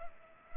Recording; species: mosquito wingbeat signal from an infrared sensor; Culex pipiens